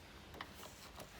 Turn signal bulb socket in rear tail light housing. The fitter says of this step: Right there, turn clockwise, and she'll pop it right out.